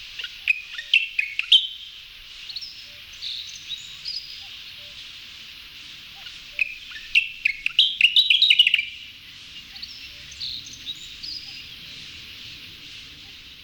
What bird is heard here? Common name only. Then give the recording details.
Gray's Grasshopper Warbler. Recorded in the wild. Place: Woschod, Fischteiche, RU. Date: 1994-06-05. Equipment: Dat-Recorder Casio DA 7, Telinga DAT, Telinga-Parabolspiegel. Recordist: Schwarz, Dieter